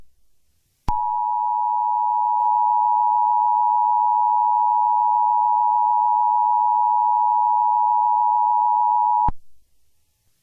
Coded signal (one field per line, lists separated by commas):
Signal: Emergency Alert System (SAME) tones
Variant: 853 and 960 Hz attention tone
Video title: EAS Scenario (The Piggy Infection Outbreak Remastered) Teaser #1